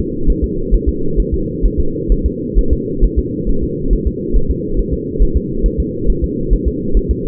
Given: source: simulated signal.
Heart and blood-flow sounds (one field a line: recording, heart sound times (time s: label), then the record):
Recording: fetal heart sounds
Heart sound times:
0.30 s: S1
0.44 s: S2
0.74 s: S1
0.89 s: S2
1.20 s: S1
1.34 s: S2
1.66 s: S1
1.80 s: S2
2.12 s: S1
2.26 s: S2
2.59 s: S1
2.73 s: S2
3.04 s: S1
3.19 s: S2
3.49 s: S1
3.64 s: S2
3.93 s: S1
4.07 s: S2
4.36 s: S1
4.50 s: S2
4.79 s: S1
4.93 s: S2
5.23 s: S1
5.37 s: S2
5.66 s: S1
5.80 s: S2
6.10 s: S1
6.24 s: S2
6.53 s: S1
6.68 s: S2
6.97 s: S1
7.11 s: S2
From the record:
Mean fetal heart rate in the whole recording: 135 bpm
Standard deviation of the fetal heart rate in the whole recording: 3 bpm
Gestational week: 36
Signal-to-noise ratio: -8.1 dB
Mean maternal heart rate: 72 bpm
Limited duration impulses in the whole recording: absent